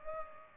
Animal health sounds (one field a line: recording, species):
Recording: mosquito wingbeat signal from an infrared sensor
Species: Culex pipiens